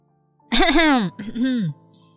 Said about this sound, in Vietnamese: rồi đưa tay lên miệng hắng giọng.